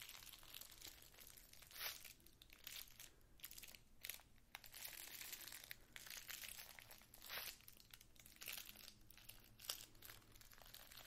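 Hand movements rustle and crinkle continuously, with soft crunching bursts around two, four and a half, and seven seconds over a faint low hum.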